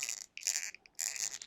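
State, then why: Not seated. A swap head is worked back and forth onto the plastic ball-joint neck peg of a NECA The Last Ronin action figure to try to pop it into place. Short, bright plastic handling ticks and rubbing scrapes come in bursts around 0.0, 0.1, 0.5, 0.6, 1.1 and 1.2 seconds. The head has not clicked onto the peg yet, and heating it is suggested to get it to seat.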